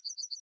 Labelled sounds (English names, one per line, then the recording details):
Yellowhammer song
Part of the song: start
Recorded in the Czech Republic on 17 July 2013
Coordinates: 48.668, 14.324
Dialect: BD
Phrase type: C22
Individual 318201